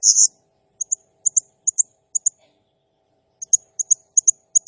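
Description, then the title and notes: Blue-crowned hanging parrot giving very high, thin chirps in quick pairs and short runs, opening with a longer buzzy squeal, with brief gaps between bursts. Used as a masteran lure and training sound to make other birds sing; described as a lively, vocal (gacor) calling bird. "Burung Serindit Nembak Gacor Bikin Emosi Semua Burung. Suara Nasteran Dan Pemikat Burung Serinditan Gacor"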